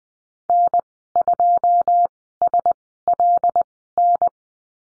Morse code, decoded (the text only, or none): N2SLN